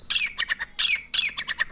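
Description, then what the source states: Partridge calls: harsh, scratchy chattering bursts of rapid grating notes, several in quick succession. Played-back recording lasting a minute and a half, described as a soothing, relaxing sound.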